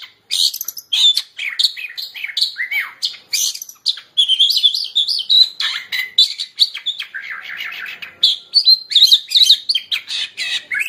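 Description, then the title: Oriental magpie-robin song: a continuous, varied stream of sweet whistles, slurred rising and falling notes and scratchy chirps, delivered in quick phrases with short pauses. "Kacer"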